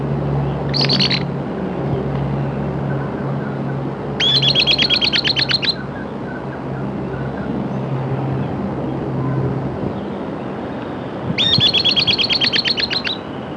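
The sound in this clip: Bird calling in three bursts, each a quick series of repeated sharp notes, separated by several seconds, over a low engine-like rumble for much.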